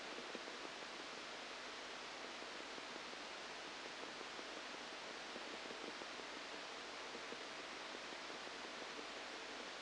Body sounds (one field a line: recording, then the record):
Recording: brain microelectrode recording played as sound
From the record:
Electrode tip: outside the subthalamic nucleus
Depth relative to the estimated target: -4 mm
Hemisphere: left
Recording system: NeuroSet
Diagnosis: Parkinson's disease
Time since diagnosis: 8 years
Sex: male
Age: 37 years